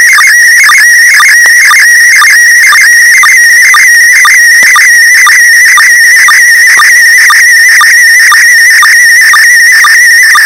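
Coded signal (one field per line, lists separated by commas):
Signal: SSTV (slow-scan television)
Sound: warbling, chirping tone with a regular tick twice a second, steady throughout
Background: radio static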